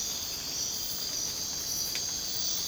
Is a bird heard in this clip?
no